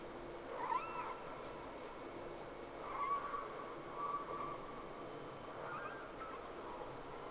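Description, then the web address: Whale calls: several short upswept whistles and a few flat tonal notes spaced a second or two apart, heard through steady underwater hiss. Two whales recorded at sea on 3 October 2006, around 12:45. "Sea Snake 10-3-06 Whales X 2"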